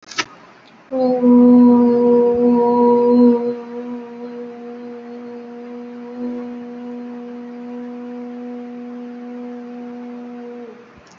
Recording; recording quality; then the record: sustained vowel as in boot; moderate, slight background noise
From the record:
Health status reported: healthy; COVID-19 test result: negative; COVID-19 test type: RT-PCR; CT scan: not taken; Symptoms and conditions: none ticked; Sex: female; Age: 23 years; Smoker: no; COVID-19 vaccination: one dose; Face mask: worn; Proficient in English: yes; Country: India